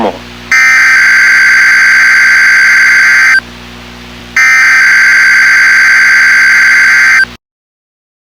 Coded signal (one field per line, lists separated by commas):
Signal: Emergency Alert System (SAME) tones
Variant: header bursts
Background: speech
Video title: 5/11/22 - KIH28 Required Weekly Test (EAS #468)